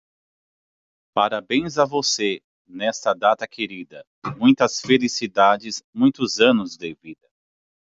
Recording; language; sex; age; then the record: short text; Brazilian Portuguese; male; 40 to 49 years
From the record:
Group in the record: control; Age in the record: 42 years